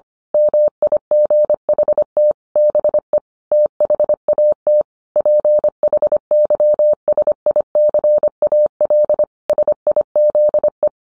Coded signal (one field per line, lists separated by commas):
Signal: Morse code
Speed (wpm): 25 wpm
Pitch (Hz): 600 Hz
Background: none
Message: MIGHT BE THAT PHYSICAL SIZE